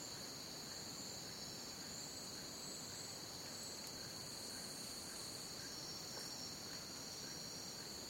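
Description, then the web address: Crickets keep up a continuous high, steady trill. Crickets in a jungle. "the sound pack tree. jungle crickets"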